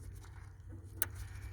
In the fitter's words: push it in until it clicks you're gonna want to pull it all the way to you but